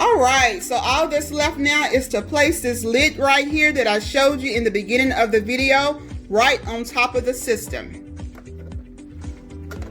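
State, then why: Not seated. Someone talks over background music while getting ready to place the plastic lid on top of an AeroGarden indoor hydroponic garden base. After the talking stops near 8 s, faint handling sounds come through. The clip ends before the lid is pressed home, so nothing has seated or clicked yet.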